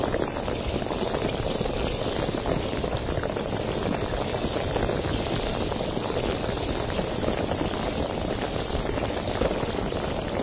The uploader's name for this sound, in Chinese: 气泡水的声音